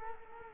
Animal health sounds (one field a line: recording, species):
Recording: mosquito wingbeat signal from an infrared sensor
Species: Culex quinquefasciatus